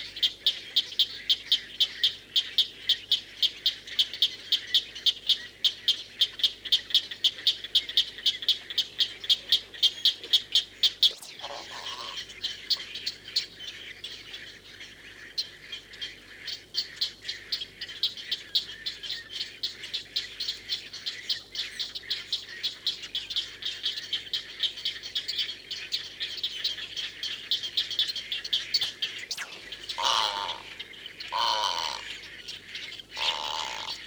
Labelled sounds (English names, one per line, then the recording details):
Great Egret
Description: White heron/kōtuku song
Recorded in New Zealand